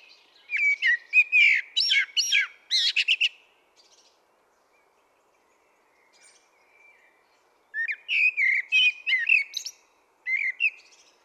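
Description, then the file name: Common blackbird delivering two lively song phrases divided by a quiet gap, fluty notes blended with rapid high chirps, plus a short fragment to finish. "Turdus merula"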